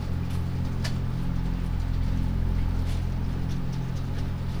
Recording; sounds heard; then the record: poultry house recording; no chicken sound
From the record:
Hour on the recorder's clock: 23